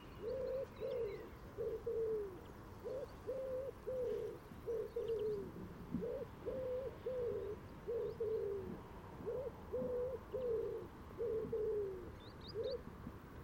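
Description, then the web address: Bird giving low, hollow cooing hoots in short groups, repeated steadily with brief gaps throughout. "cianscape. Deverinetal"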